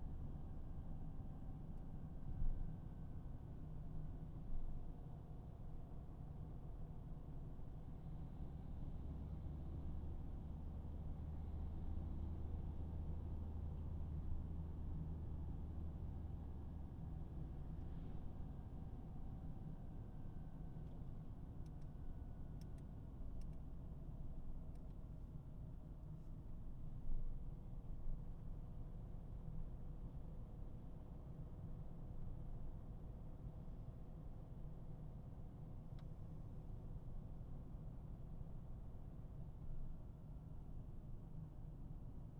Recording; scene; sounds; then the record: everyday scene through a hearing-aid microphone; in a vehicle; engine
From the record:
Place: Berlingo II, diesel engine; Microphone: behind the ear, right, front